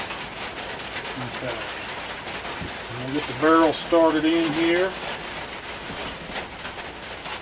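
A rifle barrel is being started into an AR-15 upper receiver, with the barrel extension's index pin lined up to the notch, while someone talks over a steady background hiss. Loud, pigeon-like cooing tones rise between about 3.4 and 4.9 s. Nothing has seated or clicked yet.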